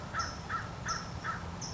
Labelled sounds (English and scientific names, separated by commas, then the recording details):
California Towhee (Melozone crissalis)
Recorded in Sonoma County, California